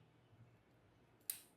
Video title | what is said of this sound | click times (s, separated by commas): SmallRig Sports Action Camera Cage for DJI - 4119C【Unboxing & Testing】#TechContent | Yun. Nag-lock na. | 1.3 s